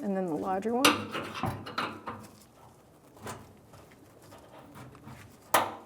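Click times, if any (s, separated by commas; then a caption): 5.5 s. A larger fuel hose's plastic quick-connect fitting is pushed onto the metal line on a new rear fuel tank of a 1992–1996 Ford F-150. Someone talks at the start, followed by faint handling and rubbing sounds. A sharp click at 5.5 s confirms the fitting is seated.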